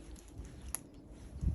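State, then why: Partly seated. Invisible magnetic snap closures on the front of a sewn garment are pressed shut by the wearer after twirling. Over a low, rumbling handling noise, one sharp snap rings out at 0.8 s, followed by a duller thump near 1.5 s. The top snap fails to close.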